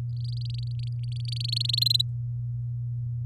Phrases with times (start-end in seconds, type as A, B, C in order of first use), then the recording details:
0.16-1.62 A, 1.64-2.02 B. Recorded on 10 May 2018 at 06:08. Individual llb16